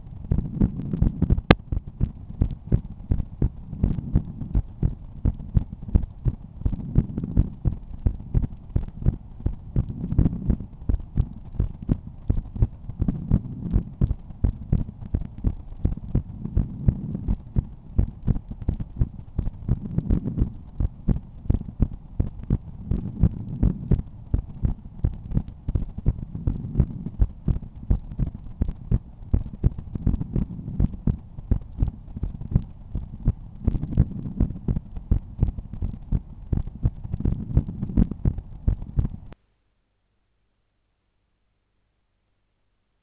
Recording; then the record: heart sounds by stethoscope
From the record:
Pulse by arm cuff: 82 bpm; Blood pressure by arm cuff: 120/80 mmHg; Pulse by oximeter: 82 bpm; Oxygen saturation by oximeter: 98%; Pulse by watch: 86 bpm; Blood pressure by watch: 114/75 mmHg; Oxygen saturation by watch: 94%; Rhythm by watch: sinus rhythm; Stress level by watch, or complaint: low stress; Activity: after 5 min smoking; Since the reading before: plus 100 steps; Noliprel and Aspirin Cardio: after pills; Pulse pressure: 40 mmHg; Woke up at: 6:50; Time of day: 21:50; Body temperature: 36.6 C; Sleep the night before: 8 h 16 min, score 66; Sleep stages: REM 20%, light 64%, deep 6%, awake 10%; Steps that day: 6850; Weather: rain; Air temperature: 17.3 C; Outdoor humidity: 90%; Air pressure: 1010 hPa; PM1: 1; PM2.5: 2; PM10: 3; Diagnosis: hypertension, treated with Noliprel and Aspirin Cardio 100 mg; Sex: male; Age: 53 years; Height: 174 cm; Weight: 81 kg